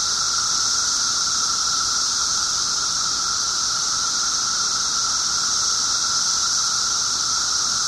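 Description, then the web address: A periodical cicada chorus fills the air with a flat, sustained whine and a bright high hiss that never pauses or changes. 17-year cicadas; recorded 24 June 2007 at 1:30 pm. "cicadas 6 24 07 1 ' 30 pm. 17 yrcicada"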